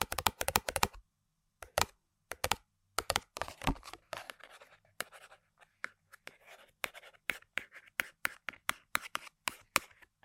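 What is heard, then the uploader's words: Sharp taps and scratches on assorted objects. A dense flurry of clicks opens the clip, then a short pause, then irregular bursts of tapping. Softer scraping fills the gaps, and a quick, steady run of taps closes it. ASMR Tapping & Scratching On Random Objects (No Talking).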